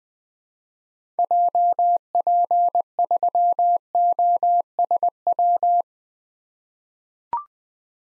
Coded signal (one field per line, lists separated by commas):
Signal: Morse code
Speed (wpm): 21 wpm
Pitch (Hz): 700 Hz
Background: none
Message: JP3OSW